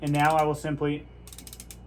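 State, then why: Torque reached. Someone talks, then a torque wrench ratchets an expanding torque-and-seal tube plug tight inside a tube of an air-cooled heat exchanger, with a quick run of ratchet pawl clicks. The wrench reaches its set torque and clicks loudest at 1.7 s.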